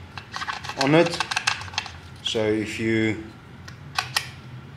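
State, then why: Seated. Someone talks while moving the height-adjustable cheek rest adjuster on a carbon rifle chassis stock through its indexed positions, with several brief taps heard earlier. The cheek riser then clicks into its index detents with two sharp clicks at 4.0 s and 4.2 s, seating in position.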